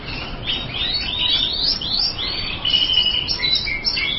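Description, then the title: Bird song, quick chirping and twittering notes with a few sliding whistles, steady and unbroken, over heavy background hiss. "burung"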